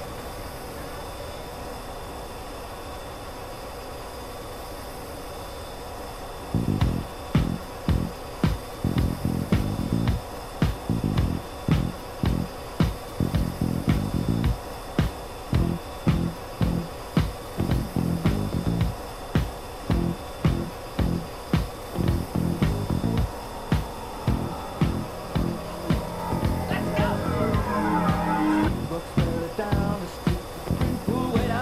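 A steady engine drone from the F-14 Tomcat's cockpit opens the clip. Around six seconds in, music enters with a regular thumping beat that runs to the end, pausing briefly near fifteen seconds. A brighter melody rises over the beat in the last few seconds.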